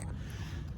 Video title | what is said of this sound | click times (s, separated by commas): Worx WG521 800CFM Electric Leaf Blower | it snaps and it snapped in okay that's it | 0.0 s